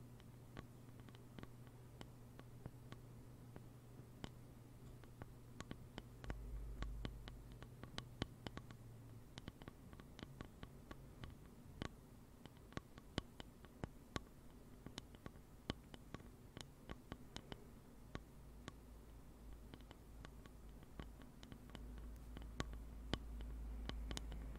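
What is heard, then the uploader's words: Slow, rain-like tapping: sharp, irregular clicks scattered across the whole stretch, sometimes single, sometimes in quick clusters. Underneath runs a steady low hum with a faint constant hiss, and a low drone sits beneath the taps for the first nine seconds. ASMR NO TALKING slow rain-like Tapping.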